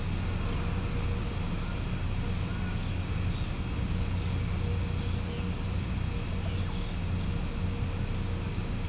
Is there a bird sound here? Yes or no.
no